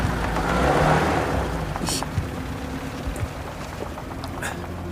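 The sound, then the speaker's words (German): A car engine rumbles low and steady, swelling briefly before settling as the vehicle pulls away, with a hiss of rain and scattered drips and taps over the noise. “Ich setzte mich in den Wagen und fuhr los.”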